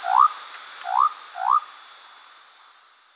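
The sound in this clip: Leptodactylus mystaceus frog giving three short, upward-sweeping whistled whoops in quick succession, then quiet with steady background noise.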